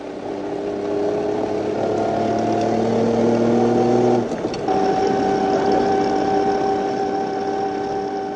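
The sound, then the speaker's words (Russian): A car engine drones steadily with a strong harmonic hum as it struggles along an increasingly washed-out muddy road, briefly dips and stutters about halfway, then carries on at a slightly higher pitch. No one speaks. “Дорога становилась все более размытой, и после четверти часа яростной борьбы с ней шофер остановил машину, показав широким приглашающим жестом, что дальше пассажирам придется следовать пешком.”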